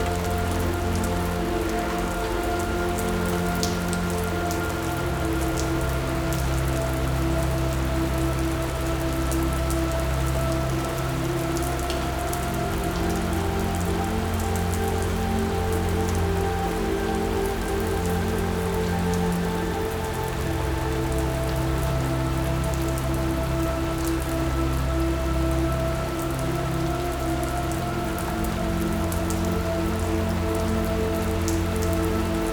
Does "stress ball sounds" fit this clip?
no